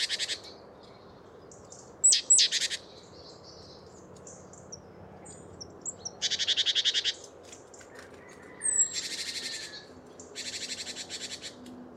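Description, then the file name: Great tit with scattered thin high notes and buzzy churring rattles, spaced irregularly with quiet stretches between bursts. "Parus major"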